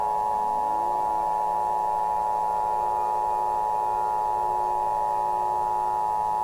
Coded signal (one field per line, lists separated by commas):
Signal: Emergency Alert System (SAME) tones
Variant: 853 and 960 Hz attention tone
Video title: THREADS: AN EAS/EBS SCENARIO (FT. @Diamondlegendz and @nwovee )